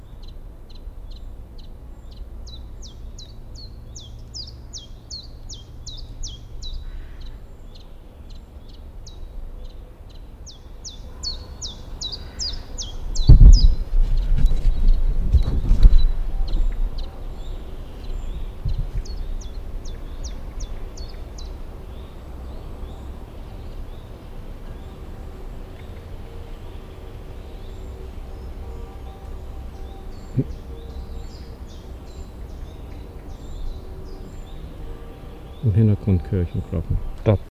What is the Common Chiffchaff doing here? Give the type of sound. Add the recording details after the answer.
song. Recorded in the wild. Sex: male. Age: adult. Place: Runding, Bayrischer Wald, Bayern, DE. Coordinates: 49.2181, 12.8008. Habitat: forest. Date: 2004-06-30. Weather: fair, 15°C, weak to moderate winds. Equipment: Tascam DA-P1, Sennheiser MKH 70, Windkorb. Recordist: Frommolt, Karl-Heinz. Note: Haidsteiner Forst: Gesang. Im Hintergrund Kirchenglocken